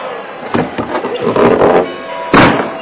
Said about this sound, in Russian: Распахнулась входная дверь.